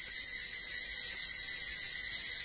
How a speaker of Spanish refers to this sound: En el transcurso de la noche, la música de los insectos que se aparean perturba el aire de la selva. Para atraer a las hembras, el saltamontes rasguea una serenata nocturna.